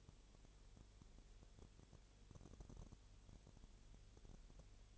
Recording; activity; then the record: daily activity, microphone in the room; no activity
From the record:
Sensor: 4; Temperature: 22.7 degrees Celsius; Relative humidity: 32.0%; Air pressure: 1008.1 hPa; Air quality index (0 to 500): 114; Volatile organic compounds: 2 ppm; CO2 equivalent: 1105 ppm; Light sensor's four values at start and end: 2/3/1/1 and 2/3/1/1